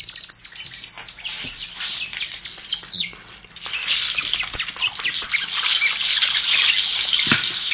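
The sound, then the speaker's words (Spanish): Bird call decoy whistles are blown in a rapid, high-pitched stream of chirps and twittering trills, loud and nearly continuous for several seconds, with a brief lull midway and no talking. “Reclamos de pájaros.”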